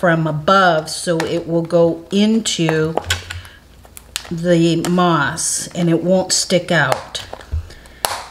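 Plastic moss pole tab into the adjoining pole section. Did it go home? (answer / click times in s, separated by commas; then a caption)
yes / 8.1 s. Someone talks while a tab on a plastic moss pole section is pushed in from above into its slot in the adjoining pole section, over the moss, so it goes into the moss and won't stick out. A sharp snap is heard at 8.1 s as the tab locks into place.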